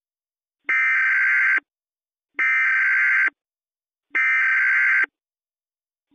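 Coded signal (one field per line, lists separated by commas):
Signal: Emergency Alert System (SAME) tones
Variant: header bursts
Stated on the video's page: Fictional EAS scenario, a remaster of another creator's scenario.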